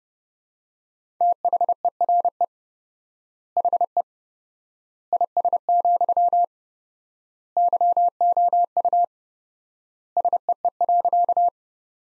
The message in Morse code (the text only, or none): THERE HE IS, YOU SEE.